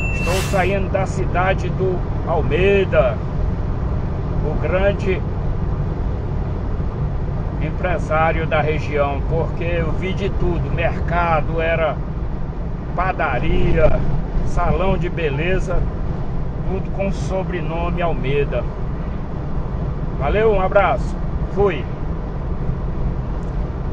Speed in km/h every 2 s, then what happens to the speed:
100, 101, 100, 101, 102, 103, 102, 98, 97, 96, 89, 87.
0-11 steady at about 101. 11-24 slows to 87.